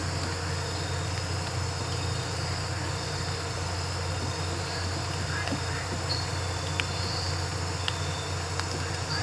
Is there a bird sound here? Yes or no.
no